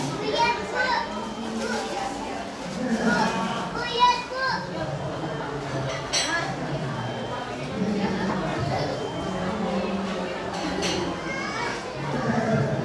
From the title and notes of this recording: Phone recording [15]: Cafe.